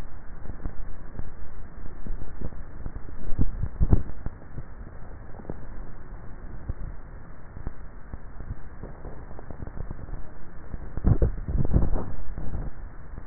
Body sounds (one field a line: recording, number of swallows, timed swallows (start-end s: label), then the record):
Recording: swallowing sounds by neck microphone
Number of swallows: 2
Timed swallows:
3.42-4.08 s: swallow
10.95-11.82 s: swallow
From the record:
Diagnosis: dysphagia